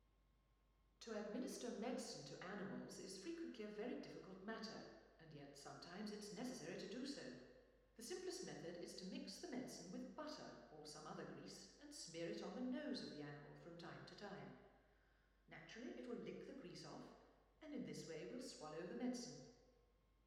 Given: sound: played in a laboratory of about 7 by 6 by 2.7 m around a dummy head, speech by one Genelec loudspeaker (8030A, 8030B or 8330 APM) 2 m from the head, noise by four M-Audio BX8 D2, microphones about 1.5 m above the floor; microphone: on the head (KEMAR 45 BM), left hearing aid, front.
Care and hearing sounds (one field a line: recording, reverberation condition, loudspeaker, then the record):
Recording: female speech in English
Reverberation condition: high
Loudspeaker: 90 degrees to the left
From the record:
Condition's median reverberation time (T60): about 1300 ms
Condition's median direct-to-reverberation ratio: about -4.0 dB